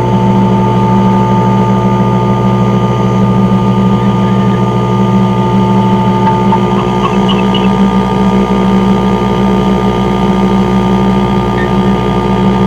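Three receivers and amplifiers hum together in a steady, dense drone with a strong low buzz and several fixed whining tones above it. The noise holds level throughout, with faint flickering chirps around the middle and a brief blip near the end.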